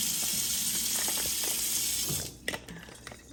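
A blending stick attachment is pushed onto the motor handle of a Hamilton Beach electric immersion hand blender and twisted. A steady hiss fills the first two seconds, then fades into a few small knocks around 2.5, 2.7, 2.8, 3.1 and 3.4 seconds. The attachment fails to twist-lock because it needs to be lined up, and nothing has clicked into place yet.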